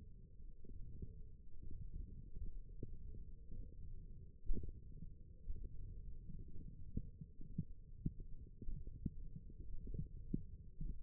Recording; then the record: forearm muscle sounds (acoustic myography)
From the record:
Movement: index flexion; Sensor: system 1, eight BSWA MPA416 microphones around the upper forearm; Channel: 3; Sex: female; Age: 21 years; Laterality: right